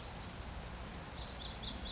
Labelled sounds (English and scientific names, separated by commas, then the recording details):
Chestnut-backed Chickadee (Poecile rufescens)
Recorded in Sonoma County, California